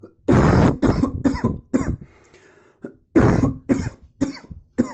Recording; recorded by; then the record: voluntary cough; messaging app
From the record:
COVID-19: negative